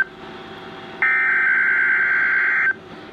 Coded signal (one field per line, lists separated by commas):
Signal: Emergency Alert System (SAME) tones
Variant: header bursts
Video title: REQUIRED WEEKLY TEST (REAL EAS#49)